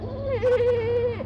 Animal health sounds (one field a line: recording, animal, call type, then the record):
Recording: contact call of a hoofed animal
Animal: goat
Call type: low-frequency (closed-mouth) or high-frequency (open-mouth) call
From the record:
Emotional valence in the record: negative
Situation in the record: short social isolation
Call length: 1.25 s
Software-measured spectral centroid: 1300 Hz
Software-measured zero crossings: 990 a second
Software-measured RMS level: -23 dBFS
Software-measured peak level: -16 dBFS